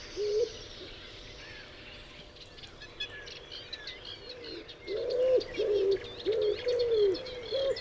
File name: Houtduif Columba palumbus